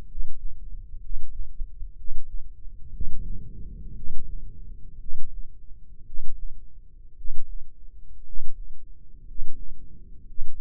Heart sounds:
heart sounds by microphone in the left ear; 59 bpm
0.07 s: heartbeat
1.00 s: heartbeat
1.95 s: heartbeat
2.91 s: heartbeat
3.94 s: heartbeat
4.98 s: heartbeat
6.05 s: heartbeat
7.15 s: heartbeat
8.24 s: heartbeat
9.25 s: heartbeat
10.25 s: heartbeat
From the record:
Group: healthy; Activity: rest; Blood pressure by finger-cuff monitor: 118/66 mmHg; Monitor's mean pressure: 83 mmHg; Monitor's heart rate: 58 bpm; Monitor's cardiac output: 7.5 L/min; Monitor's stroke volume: 131 mL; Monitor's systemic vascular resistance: 810 dyn s/cm5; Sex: male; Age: 23 years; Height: 178 cm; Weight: 96.6 kg

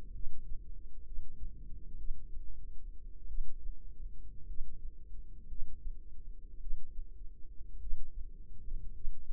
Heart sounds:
heart sounds by microphone in the left ear; 55 bpm
0.12 s: heartbeat
1.03 s: heartbeat
1.96 s: heartbeat
3.26 s: heartbeat
4.45 s: heartbeat
5.47 s: heartbeat
6.58 s: heartbeat
7.78 s: heartbeat
8.91 s: heartbeat
From the record:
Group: healthy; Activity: rest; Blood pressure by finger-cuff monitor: 100/64 mmHg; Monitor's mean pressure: 75 mmHg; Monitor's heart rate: 50 bpm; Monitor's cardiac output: 4.3 L/min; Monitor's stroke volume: 80 mL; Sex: female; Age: 36 years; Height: 163 cm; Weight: 88 kg

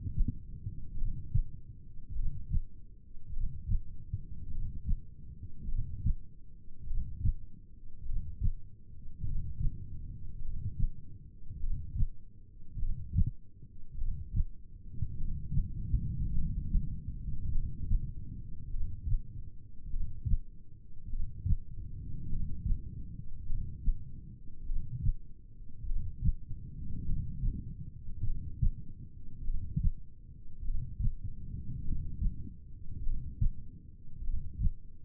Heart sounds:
heart sounds by stethoscope; 50 bpm
0.98 s: heartbeat
2.16 s: heartbeat
3.34 s: heartbeat
4.52 s: heartbeat
5.69 s: heartbeat
6.88 s: heartbeat
8.06 s: heartbeat
9.26 s: heartbeat
10.43 s: heartbeat
11.61 s: heartbeat
12.80 s: heartbeat
13.99 s: heartbeat
15.18 s: heartbeat
16.36 s: heartbeat
17.53 s: heartbeat
18.72 s: heartbeat
19.92 s: heartbeat
21.11 s: heartbeat
22.31 s: heartbeat
23.48 s: heartbeat
24.68 s: heartbeat
25.88 s: heartbeat
27.08 s: heartbeat
28.25 s: heartbeat
29.45 s: heartbeat
30.66 s: heartbeat
31.86 s: heartbeat
33.05 s: heartbeat
34.25 s: heartbeat
From the record:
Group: heart failure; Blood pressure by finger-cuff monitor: 89/54 mmHg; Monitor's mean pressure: 66 mmHg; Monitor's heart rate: 51 bpm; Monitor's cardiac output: 4 L/min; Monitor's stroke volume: 80 mL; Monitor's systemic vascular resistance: 1140 dyn s/cm5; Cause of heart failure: cardiac sarcoid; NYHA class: 1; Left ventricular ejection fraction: 39%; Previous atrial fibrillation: present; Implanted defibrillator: present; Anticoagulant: apixaban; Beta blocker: carvedilol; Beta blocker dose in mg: 50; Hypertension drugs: ramipril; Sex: male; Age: 79 years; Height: 184 cm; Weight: 92.5 kg

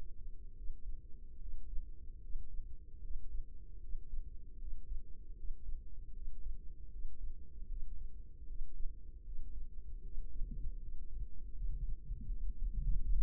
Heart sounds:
heart sounds by microphone in the left ear; 77 bpm
0.53 s: heartbeat
1.37 s: heartbeat
2.19 s: heartbeat
2.99 s: heartbeat
3.78 s: heartbeat
4.56 s: heartbeat
5.33 s: heartbeat
6.10 s: heartbeat
6.88 s: heartbeat
7.65 s: heartbeat
8.44 s: heartbeat
9.21 s: heartbeat
10.00 s: heartbeat
10.77 s: heartbeat
11.52 s: heartbeat
12.26 s: heartbeat
12.98 s: heartbeat
From the record:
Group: healthy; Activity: rest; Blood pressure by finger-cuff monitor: 85/57 mmHg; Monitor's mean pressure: 66 mmHg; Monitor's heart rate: 77 bpm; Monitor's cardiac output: 5.9 L/min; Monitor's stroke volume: 77 mL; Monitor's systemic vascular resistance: 820 dyn s/cm5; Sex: female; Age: 22 years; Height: 163 cm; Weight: 67.1 kg

